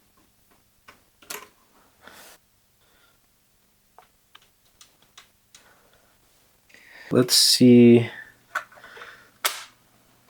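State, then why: Seated. After the spring is routed under the fork, a repaired part is pressed into the tape mechanism of a retro 90s GE Spacemaker kitchen cassette radio, with light handling taps and clicks along the way while someone talks. The part snaps into place with one sharp click at 9.5 s and is seated.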